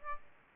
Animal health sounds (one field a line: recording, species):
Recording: mosquito wingbeat signal from an infrared sensor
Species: Aedes albopictus